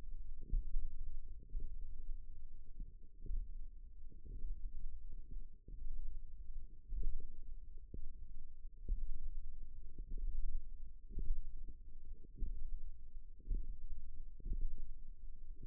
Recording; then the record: forearm muscle sounds (acoustic myography)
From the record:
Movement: tripod grip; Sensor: system 1, eight BSWA MPA416 microphones around the upper forearm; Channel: 8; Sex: female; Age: 20 years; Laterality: right